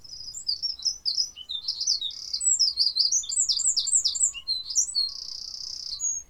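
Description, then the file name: Eurasian wren song: a long, loud, fast run of high trills and sharp notes lasting about six seconds, ending in a buzzy trill and a brief high note. "Troglodytes troglodytes"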